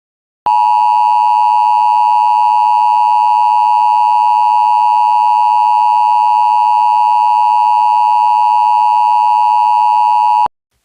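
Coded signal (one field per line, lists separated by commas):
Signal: Emergency Alert System (SAME) tones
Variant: 853 and 960 Hz attention tone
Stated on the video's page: Mock alert with a fictional event code, made with macros.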